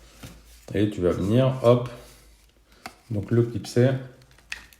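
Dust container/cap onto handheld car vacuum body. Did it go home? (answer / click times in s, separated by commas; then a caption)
no / none. Someone talks while handling the dust container cap of a Baseus A1 handheld car vacuum, reassembling it onto the vacuum body after cleaning. Brief handling taps are heard, with a sharper one at 4.5 s. The part has not seated or clicked onto the body yet.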